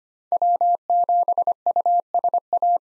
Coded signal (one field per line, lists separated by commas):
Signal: Morse code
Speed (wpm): 25 wpm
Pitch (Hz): 700 Hz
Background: none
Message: W7USA